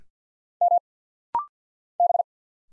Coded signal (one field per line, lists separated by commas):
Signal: Morse code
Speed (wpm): 50 wpm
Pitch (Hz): 700 Hz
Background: none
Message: M B